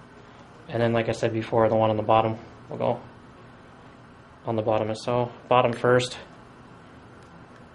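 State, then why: Not seated. A plastic trackball retaining ring is lined up bottom edge first in a smartphone's front housing, ready to be pressed in, while someone talks in two short bursts. Nothing has seated or clicked yet.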